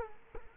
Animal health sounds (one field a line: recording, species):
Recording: mosquito wingbeat signal from an infrared sensor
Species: Culex quinquefasciatus